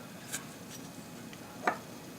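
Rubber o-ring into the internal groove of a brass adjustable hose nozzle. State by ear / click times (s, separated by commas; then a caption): seated / 1.7 s. A rubber o-ring is pressed into the internal groove of a Nysist adjustable brass hose nozzle. A faint tick comes at about 0.3 s, then a sharp snap at 1.7 s as the o-ring seats tightly in its groove.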